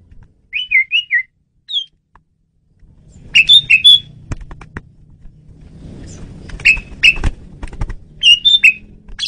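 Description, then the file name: Asian pied starling calls: bursts of quick, bright, whistled notes in short chattering groups separated by pauses, with low rumbling and clicks beneath. Female bird used as a lure (pemikat). "jalak suren betina pemikat"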